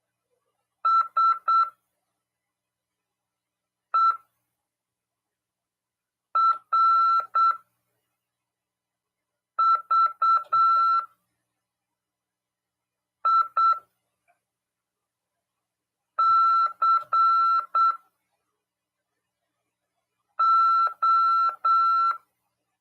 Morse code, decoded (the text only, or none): SERVICO